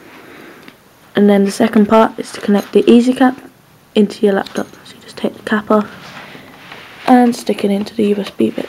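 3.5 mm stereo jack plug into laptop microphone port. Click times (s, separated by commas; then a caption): 0.7 s. A 3.5 mm stereo jack plug is pushed into a laptop's microphone port and seats with one sharp, short click at 0.7 s. Someone then talks through the next step.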